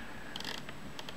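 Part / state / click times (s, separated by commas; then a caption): shutter release part in a folding camera body / not seated / none. A shutter-release part on a Retina 1a folding camera body is rotated by hand, producing a cluster of small, sharp ticks and scrapes around 0.4–0.5 s and a few lighter ticks near the end. The part has not yet seated or clicked into place when the clip ends.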